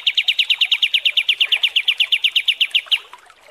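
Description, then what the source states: Kapas tembak bird giving a steady, fast series of clipped, pulsed notes for about three seconds, evenly spaced and high-pitched. Training song (masteran) for teaching songbirds.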